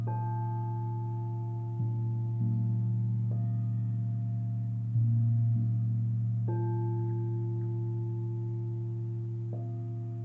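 Tibetan singing bowls ring in long, steady overlapping tones, with new low strikes blooming in around two, five, six and a half, and nine and a half seconds.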